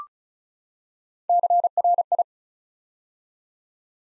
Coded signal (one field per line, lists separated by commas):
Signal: Morse code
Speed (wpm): 36 wpm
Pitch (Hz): 700 Hz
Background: none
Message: CRI